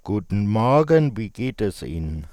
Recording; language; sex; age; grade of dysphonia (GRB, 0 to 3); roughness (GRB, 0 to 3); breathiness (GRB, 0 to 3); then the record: spoken sentence; German; male; 40 to 49 years; 1; 1; 1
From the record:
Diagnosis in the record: dysarthrophonia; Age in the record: 41 years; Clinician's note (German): Restsymptomatik